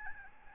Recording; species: mosquito wingbeat signal from an infrared sensor; Aedes albopictus